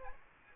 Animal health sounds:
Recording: mosquito wingbeat signal from an infrared sensor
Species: Culex quinquefasciatus

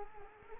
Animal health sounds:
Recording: mosquito wingbeat signal from an infrared sensor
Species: Culex quinquefasciatus

